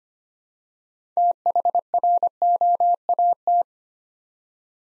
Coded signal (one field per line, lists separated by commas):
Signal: Morse code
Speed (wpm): 25 wpm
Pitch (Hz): 700 Hz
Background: none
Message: THROAT